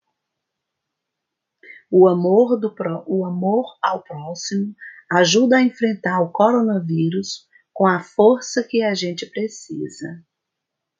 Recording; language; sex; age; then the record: spoken sentence; Brazilian Portuguese; female; 50 to 59 years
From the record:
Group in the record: control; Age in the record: 50 years